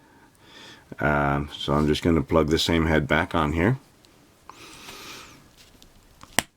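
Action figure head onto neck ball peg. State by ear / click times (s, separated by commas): seated / 6.4 s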